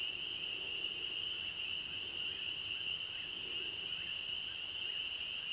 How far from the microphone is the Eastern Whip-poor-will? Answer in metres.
about 15 m